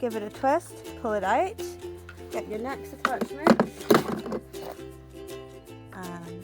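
A spray attachment is pushed into the plastic trigger gun of a Kärcher K5 pressure washer and twisted, then pulled out for the next attachment, while someone talks over music. A few brief sharp sounds occur around 4.1 to 4.3 seconds, but nothing has seated or clicked yet when the clip ends.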